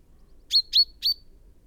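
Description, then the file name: Common chaffinch calls: three sharp, high chinking notes in quick succession, each with a brief ringing tail, over faint low background noise. "Fringilla coelebs"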